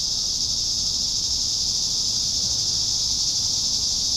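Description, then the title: Cicadas give an even, continuous high-pitched buzzing hiss with no breaks. "neoscenes: cicadas"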